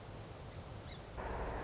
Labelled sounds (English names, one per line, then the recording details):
Song Sparrow
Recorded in Sonoma County, California